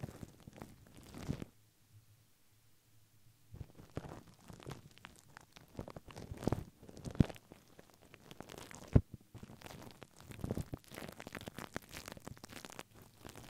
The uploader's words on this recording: Crinkles, Plastic, Brush, Silicone, Glass, Paper.